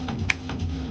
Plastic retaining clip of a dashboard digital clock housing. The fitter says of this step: Oh, it's just snapped shut again, did you hear it?